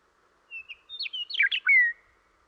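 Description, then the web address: Western meadowlark song: two soft whistled notes lead into a tumbling, gurgling flourish, then finish with a long, clear falling whistle against a quiet background. Western North America. "Dan Gibson Wildlife Identification By Sound, Western North America. Western Meadowlark"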